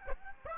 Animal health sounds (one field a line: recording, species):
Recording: mosquito wingbeat signal from an infrared sensor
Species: Aedes aegypti